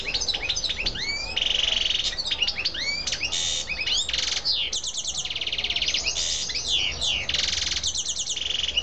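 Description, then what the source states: Canary song: dense rapid trills and rolling buzzy phrases, interspersed with swooping whistled notes, sung almost without pause throughout. Female.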